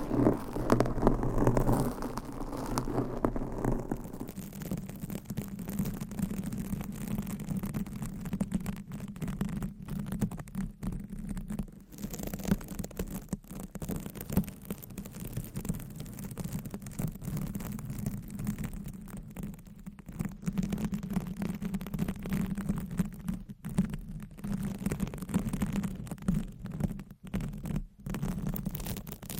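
Scratching on a microphone with nails, a dense, steady low rasp with a brighter burst in the first four seconds and brief drop-outs throughout.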